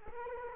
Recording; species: mosquito wingbeat signal from an infrared sensor; Culex quinquefasciatus